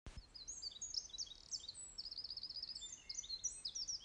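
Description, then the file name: Eurasian wren singing a long, very high, fast-paced stream of sharp trills and chattering notes, running almost without a break throughout over faint background hiss. "Troglodytes troglodytes"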